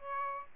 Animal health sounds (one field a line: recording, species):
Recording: mosquito wingbeat signal from an infrared sensor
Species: Aedes albopictus